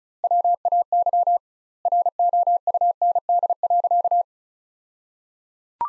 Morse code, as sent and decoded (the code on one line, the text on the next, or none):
.-- .- -.-- / .-. --- ..- -. -.. .-.-.-
WAY ROUND.